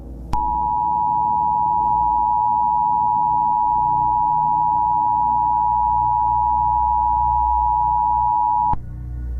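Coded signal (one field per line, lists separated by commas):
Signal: Emergency Alert System (SAME) tones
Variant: 853 and 960 Hz attention tone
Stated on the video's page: Fictional analog-horror EAS scenario about a Skynet AI.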